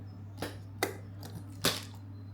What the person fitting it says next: and once you hear the click, your lights come on.